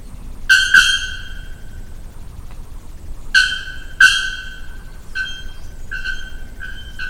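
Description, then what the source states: Bare-throated bellbird giving two pairs of explosive, harsh notes, then a few shorter ringing metallic notes, over low background noise. Recorded at Jardim Botânico, São Paulo, on 20 October 2010 with an M-Audio recorder.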